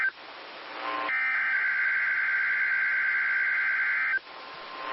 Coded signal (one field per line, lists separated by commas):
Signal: Emergency Alert System (SAME) tones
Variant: header bursts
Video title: EAS - KEC57's Required Weekly Test